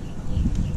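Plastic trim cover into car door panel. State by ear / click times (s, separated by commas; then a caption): not seated / none. A small plastic trim cover is handled against the door panel of a 2010–2015 Prius while it is being fitted. Low rumbling handling noise and soft knocks build toward the middle of the clip. Nothing has seated or clicked yet.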